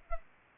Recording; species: mosquito wingbeat signal from an infrared sensor; Culex pipiens